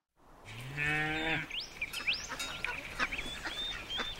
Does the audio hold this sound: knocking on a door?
no